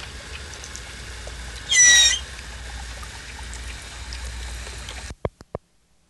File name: common manatee sound